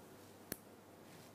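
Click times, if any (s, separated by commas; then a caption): 0.5 s. The hinged cover of an interchangeable solid sterling silver pendant holding a gemstone is closed onto its body. A single sharp click is heard at 0.5 s against a quiet background. The pendant snaps shut and is secure.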